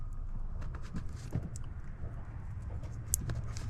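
A plastic tap-splice connector is squeezed shut over a hardwire kit power wire while hardwiring a radar detector in a Tesla Model 3 or Model Y. Soft handling rustles and faint ticks come before a sharp, loud snap at 3.1 s. The connector closes and seats on the wire.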